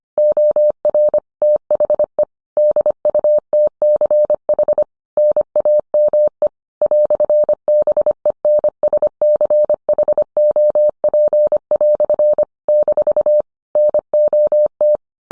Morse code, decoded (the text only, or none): OR THE DUTCH NAME "BENSCHOP" - NOT